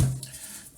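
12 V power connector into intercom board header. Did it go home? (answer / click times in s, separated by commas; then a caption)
yes / 0.2 s. A 12 volt power connector is pushed into its header on an intercom circuit board. A low thump opens the clip and fades, then a short sharp click at 0.2 s marks the connector seating.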